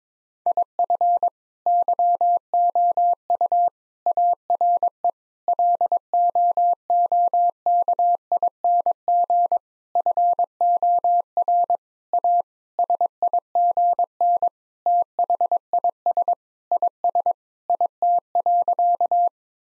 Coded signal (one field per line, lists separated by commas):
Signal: Morse code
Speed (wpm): 22 wpm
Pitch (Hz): 700 Hz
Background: none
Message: IF YOU ARE LOOKING FOR A SIGN THIS IS IT.